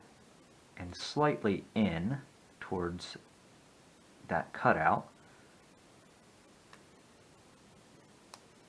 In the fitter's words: until it clicks into place oh